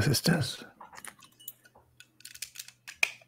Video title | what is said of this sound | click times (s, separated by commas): Benutzt Lego Telegram? Wir stellen nur Fragen. - Classic | Das macht Klick. | 3.0 s